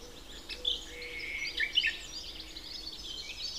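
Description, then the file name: Common nightingale song: a few sharp whistled and chirped notes in the first half, over a dense chorus of other high birdsong and a short, low repeated tone. "Luscinia megarhynchos"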